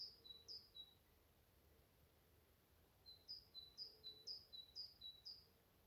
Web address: SETE Parus major